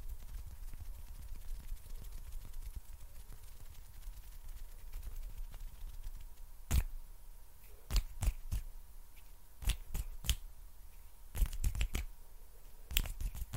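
Sticky hand sounds and finger snaps come as sharp, bright clicks in irregular bursts, starting around the seven-second mark and clustering unpredictably through the end. Before that, only a low rumble and faint steady hum fill the background.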